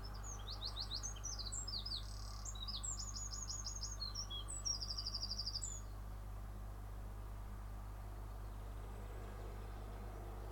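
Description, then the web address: Bird song of varied high chirps and buzzy trilled runs for about six seconds, then only a continuous low hum remains. Singing in the morning with cars in the background. "pdsounds sounds bird sings in the morning with cars in the background"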